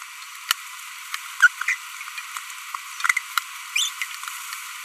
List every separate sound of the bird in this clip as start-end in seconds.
1.41-1.47, 1.68-1.73, 3.76-3.88